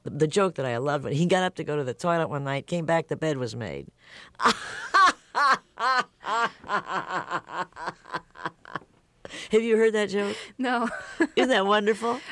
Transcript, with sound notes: The joke that I love - he got up to go to the toilet; when I came back the bed was made.
(LAUGHTER)
Have you heard that joke?
No.
Isn't that wonderful?